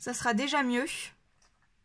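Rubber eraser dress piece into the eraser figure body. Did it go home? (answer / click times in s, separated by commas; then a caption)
no / none. Someone talks while handling the soft rubber dress piece of a Snow White 3D puzzle eraser, fitting it onto the eraser figure body. After the talking stops, there is only a faint small sound near 1.4 s. Nothing has seated or clicked yet.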